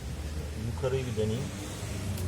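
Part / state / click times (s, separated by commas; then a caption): interior trim piece into car interior panel / not seated / none. An interior trim piece from a comfort set is being handled into a car interior panel on a Renault Megane 4 Joy, this time positioned to go in from above. Someone talks over a low steady background hum, with no sharp sounds. Nothing has seated or clicked yet.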